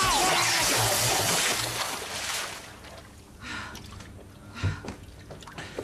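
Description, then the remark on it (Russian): A man trips over another person's legs and crashes into a bathtub filled with water with a loud, broad splash, then water sloshes and drips in scattered, quieter bursts for several seconds. “второй споткнулся о ноги лежащего. Упал в ванную с водой. Девушка бросила туда фен.”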